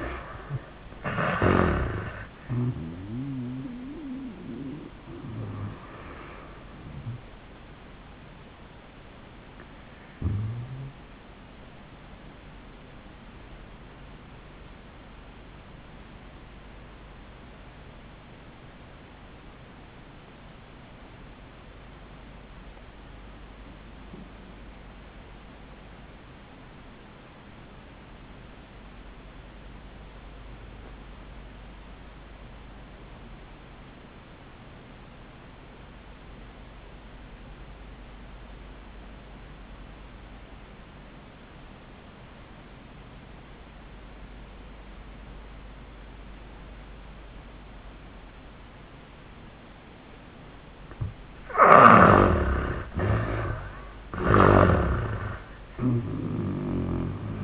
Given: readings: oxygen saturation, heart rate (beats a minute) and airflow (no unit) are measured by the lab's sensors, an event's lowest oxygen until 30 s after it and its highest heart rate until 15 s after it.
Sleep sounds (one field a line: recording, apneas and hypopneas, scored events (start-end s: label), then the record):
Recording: breathing in sleep by a voice recorder at the bedside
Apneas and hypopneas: 1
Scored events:
14.00-51.90 s: obstructive apnea (REM, oxygen 94% highest, then 64% lowest, heart rate 90 at the start, 94 highest)
From the record:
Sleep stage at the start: REM sleep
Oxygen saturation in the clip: 66 to 94%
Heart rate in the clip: 61 to 96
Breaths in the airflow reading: 4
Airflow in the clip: -34.7 to 11.9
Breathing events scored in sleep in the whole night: 400 in 8.7 hours asleep